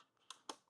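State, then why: Partly seated. A shower chair leg or frame tube is pushed into its mating tube on a small kitchen counter so the spring button clip can snap into the hole. Two short, sharp clicks sound at 0.3 s and 0.5 s, the second a little louder. The tube goes in, but the clip snaps in weakly and does not fully engage.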